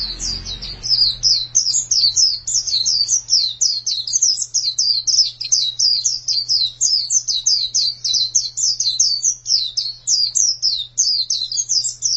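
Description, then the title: White-eye delivering continuous high twittering song, quick sliding chirps run together; a brief low rumble at the start, then a steady faint hum underneath. "Kicauan Burung Pleci"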